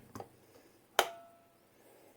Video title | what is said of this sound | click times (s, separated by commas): Work Sharp Precision Adjust Sharpener - Review and How To Use | Yes, indeed. Snaps right in. | 1.0 s